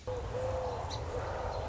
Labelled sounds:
Song Sparrow
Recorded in Sonoma County, California

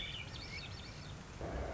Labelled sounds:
Swainson's Thrush
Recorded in Sonoma County, California

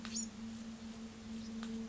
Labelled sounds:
Bewick's Wren
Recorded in Sonoma County, California

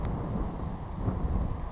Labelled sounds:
Savannah Sparrow
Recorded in Sonoma County, California

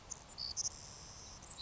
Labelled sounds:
Savannah Sparrow
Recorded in Sonoma County, California

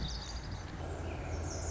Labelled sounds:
Lazuli Bunting
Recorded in Sonoma County, California

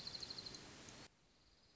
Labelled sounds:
Dark-eyed Junco
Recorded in Sonoma County, California

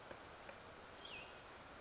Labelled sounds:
Cassin's Vireo
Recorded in Sonoma County, California

